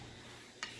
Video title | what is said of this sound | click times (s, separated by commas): Case inspection Joe Molligi. 8-8-18 | you hear that a little bit so it snaps back in but | 0.6 s